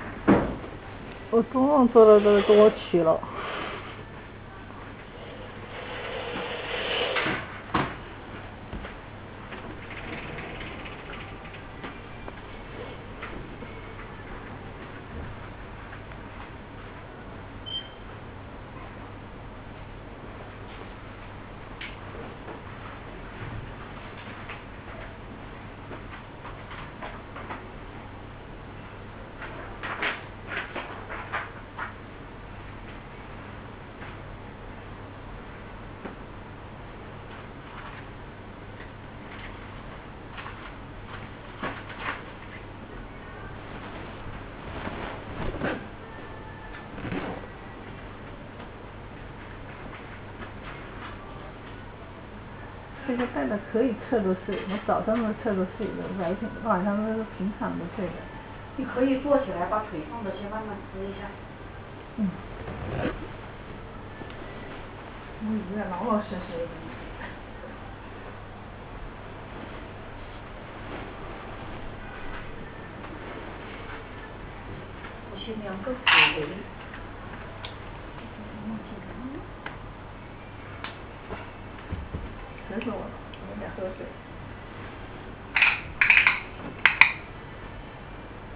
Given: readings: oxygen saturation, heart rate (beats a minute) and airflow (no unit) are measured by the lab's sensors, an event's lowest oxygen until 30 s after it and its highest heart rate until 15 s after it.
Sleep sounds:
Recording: a person awake in a sleep study, by a voice recorder at the bedside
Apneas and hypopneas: none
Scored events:
3.00-88.56 s: new sleep stage, awake
7.00-88.56 s: awake
From the record:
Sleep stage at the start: REM sleep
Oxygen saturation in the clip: 95 to 99%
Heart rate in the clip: 62 to 75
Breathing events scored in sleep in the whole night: 305 in 9.6 hours asleep

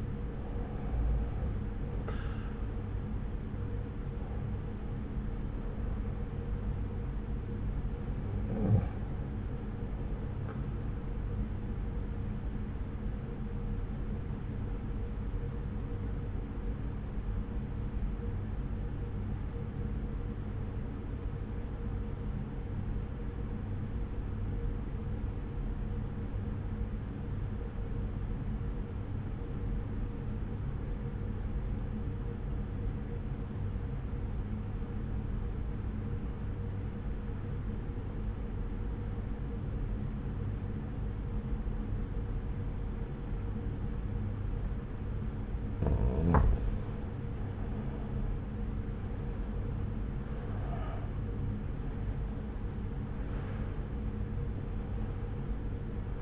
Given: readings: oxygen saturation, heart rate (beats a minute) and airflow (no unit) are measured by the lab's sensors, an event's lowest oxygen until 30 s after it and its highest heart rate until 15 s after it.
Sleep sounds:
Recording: breathing in sleep by a smartphone at the bedside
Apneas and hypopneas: 1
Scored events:
16.00-47.10 s: obstructive apnea (REM, oxygen 96% highest, then 88% lowest)
From the record:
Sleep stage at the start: REM sleep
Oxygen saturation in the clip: 86 to 96%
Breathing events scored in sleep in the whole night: 303 in 8.1 hours asleep

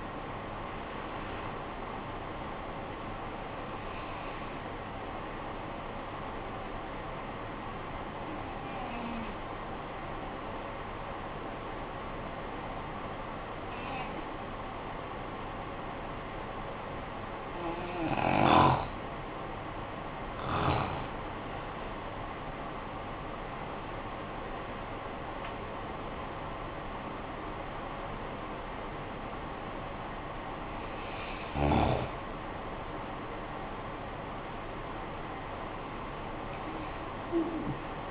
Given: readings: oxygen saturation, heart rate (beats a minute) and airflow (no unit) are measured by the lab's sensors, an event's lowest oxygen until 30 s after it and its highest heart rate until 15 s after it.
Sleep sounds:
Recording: breathing in sleep by a voice recorder at the bedside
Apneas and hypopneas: 1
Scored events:
5.00-20.50 s: hypopnea (N2, oxygen 95% highest, then 88% lowest, heart rate 51 at the start, 71 highest)
11.00-38.11 s: new sleep stage, N1 (lightest sleep)
From the record:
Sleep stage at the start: N2 (light sleep)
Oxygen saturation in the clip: 89 to 95%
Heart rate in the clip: 47 to 71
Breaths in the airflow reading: 5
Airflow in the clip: -15.5 to 16.4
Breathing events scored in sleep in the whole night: 445 in 7.6 hours asleep

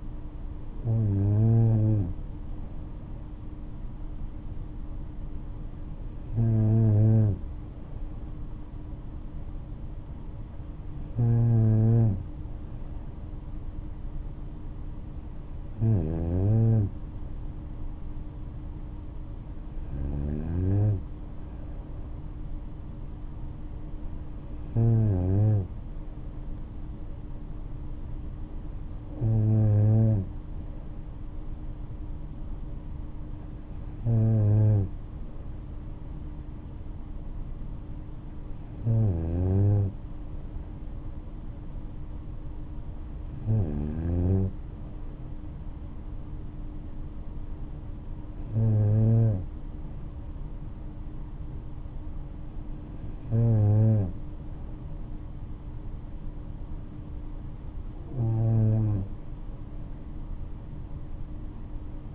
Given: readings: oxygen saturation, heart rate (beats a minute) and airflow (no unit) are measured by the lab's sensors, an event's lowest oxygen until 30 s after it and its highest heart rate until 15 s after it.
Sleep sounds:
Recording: breathing in sleep by a smartphone at the bedside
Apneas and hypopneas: none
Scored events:
4.00-34.00 s: new sleep stage, N3 (deep sleep)
34.00-62.15 s: new sleep stage, N2 (light sleep)
From the record:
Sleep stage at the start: N2 (light sleep)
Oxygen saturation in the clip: 94 to 95%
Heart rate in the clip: 60 to 70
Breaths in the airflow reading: 13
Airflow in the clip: -5.0 to 5.3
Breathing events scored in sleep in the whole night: 228 in 5.4 hours asleep

